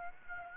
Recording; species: mosquito wingbeat signal from an infrared sensor; Aedes aegypti